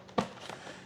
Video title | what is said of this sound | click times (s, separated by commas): CNHL - Super Tucano - 1600mm - Unbox, Build, & Radio Setup | And it just snaps right in just like a balance lead. | 0.2 s